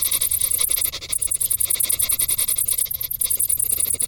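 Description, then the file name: Crickets chirping in a dense, high, rapidly pulsing trill that runs nearly nonstop, with a short break at about one second. "Grillen"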